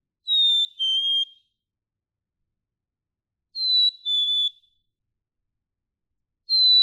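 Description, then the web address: Black-capped chickadee singing its pure whistled fee-bee, a higher note dropping to a lower one, repeated about every three seconds, the last phrase cut off. "birdsongforthecurious songs Black-capped Chickadee"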